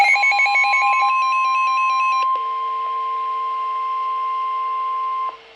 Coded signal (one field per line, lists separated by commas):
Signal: Emergency Alert System (SAME) tones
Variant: 1050 Hz attention tone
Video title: Real EAS #410 - Severe Thunderstorm Warning